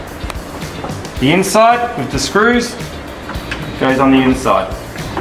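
The inside half of a hinged-door handle, the one with the screws, is being handled and fitted onto the outside handle's pin through the door. Someone talks while short handling knocks and taps sound over background music. Nothing has seated or clicked yet.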